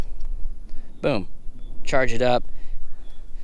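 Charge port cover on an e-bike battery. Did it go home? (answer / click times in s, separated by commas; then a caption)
no / none. The spring-loaded charge port cover on the battery of an ELUX Tahoe GT Step-Through electric bike is being handled after charging, with two faint brief ticks early on while someone talks over quiet background noise. The clip ends before the cover snaps shut, so nothing has seated or clicked yet.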